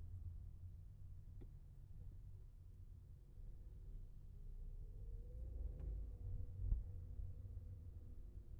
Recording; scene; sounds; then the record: everyday scene through a hearing-aid microphone; in a vehicle; engine, traffic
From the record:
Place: Skoda Fabia, gasoline engine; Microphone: behind the ear, left, rear